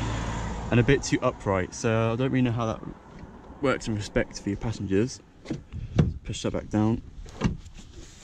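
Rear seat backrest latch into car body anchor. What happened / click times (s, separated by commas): The seat back is being handled but has not latched yet / none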